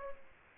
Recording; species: mosquito wingbeat signal from an infrared sensor; Aedes aegypti